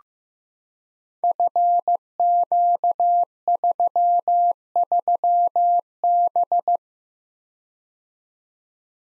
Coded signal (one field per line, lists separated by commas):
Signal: Morse code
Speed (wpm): 15 wpm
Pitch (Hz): 700 Hz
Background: none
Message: FQ33B